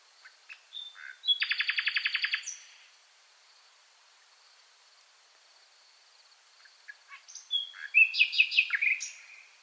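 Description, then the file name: Common nightingale singing a rapid buzzy rattle of repeated notes, then a long pause with only a faint steady high tone, before a second burst of rich, varied phrases. "Luscinia megarhynchos"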